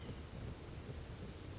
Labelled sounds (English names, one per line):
White-breasted Nuthatch